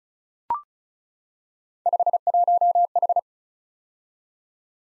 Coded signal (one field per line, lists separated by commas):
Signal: Morse code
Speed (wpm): 36 wpm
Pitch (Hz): 700 Hz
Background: none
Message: 51H